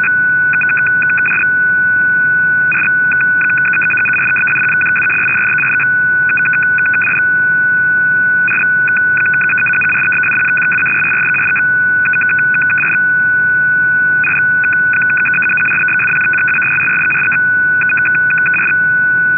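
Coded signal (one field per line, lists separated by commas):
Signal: numbers station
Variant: F06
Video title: F06 16236kHz 17:00UTC - Digital Numbers Station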